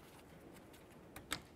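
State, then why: Seated. A plastic wiring harness connector is pressed into its mating socket on the active grille shutter actuator motor of a 2012–2018 Nissan Altima. Over a low background hiss, a faint tick at 1.2 s precedes a sharp click at 1.3 s as the connector seats. It is then tugged to confirm it is secure.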